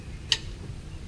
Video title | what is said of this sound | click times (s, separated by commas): Kuat Bike rack and Aluminess Tire Carrier on my VanDOit van | is two positions here there's this one it locks in place and then | 0.3 s